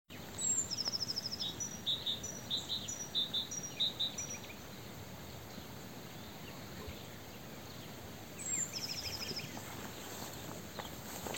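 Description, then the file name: Great tit calling: a quick run of high descending notes, then evenly spaced doubled chips for a few seconds, a pause, and another high burst near the end, over faint hiss. "Parus major"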